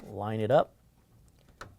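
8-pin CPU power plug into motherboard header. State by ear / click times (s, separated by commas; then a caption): seated / 1.6 s. Someone talks briefly, then a plastic 8-pin CPU power plug is lined up and pushed onto the motherboard header. Its latch clicks into place at 1.6 s with a short, sharp snap, and the plug is seated.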